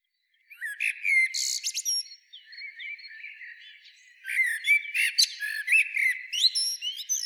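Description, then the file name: Common blackbird song, whistled warbling phrases mixed with bright, high-pitched twittering squeaks. "Turdus merula"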